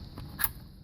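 The third plastic retaining clip, facing bevel side in, is pressed into a slot in the cupholder housing during a cupholder replacement on a 2002 Audi A4 (B6). Over a low background hum with a faint tick near 0.2 s, a short, sharp, bright click sounds at 0.4 s. The clip is seated in the cupholder assembly.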